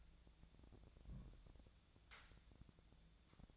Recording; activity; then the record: daily activity, microphone in the room; place on stove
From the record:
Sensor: 3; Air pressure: 1000.0 hPa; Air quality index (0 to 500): 124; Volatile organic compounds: 2 ppm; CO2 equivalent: 1116 ppm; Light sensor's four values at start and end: 45/113/49/54 and 45/113/49/54